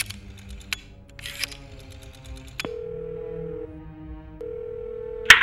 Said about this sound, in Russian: Я бросил в щель 2 гроша и набрал номер человека в красных очках.